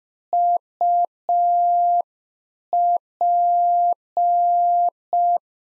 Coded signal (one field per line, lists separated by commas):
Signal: Morse code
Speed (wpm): 5 wpm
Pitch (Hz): 700 Hz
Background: none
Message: UP